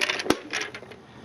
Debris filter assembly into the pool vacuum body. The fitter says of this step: it should snap right in